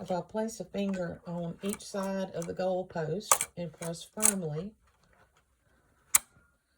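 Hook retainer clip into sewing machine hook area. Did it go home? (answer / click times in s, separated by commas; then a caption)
yes / 6.2 s. Someone talks for about five seconds while pressing the small retainer clip of a BERNINA 790 Plus sewing machine's hook assembly back in, with a finger on each side of the goal post. After a few faint ticks, the clip snaps into place with one sharp, loud click at 6.2 s, seating it home.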